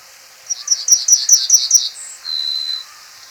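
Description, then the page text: Pine bunting song: a rapid run of several high, ringing chips, followed by a brief thin whistle and a longer steady lower note. "Pine Bunting Song. Quick Sounds library"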